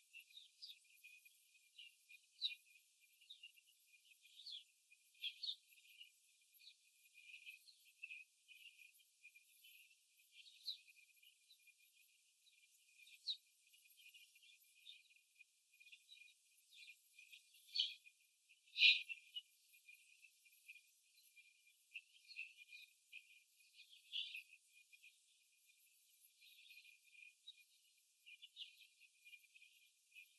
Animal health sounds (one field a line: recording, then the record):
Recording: young laying hens in a cage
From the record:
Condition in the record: after the stressor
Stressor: simulated dog barking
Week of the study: 3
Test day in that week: 2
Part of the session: 4